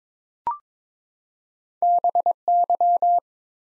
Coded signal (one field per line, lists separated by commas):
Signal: Morse code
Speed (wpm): 22 wpm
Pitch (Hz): 700 Hz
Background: none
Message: BY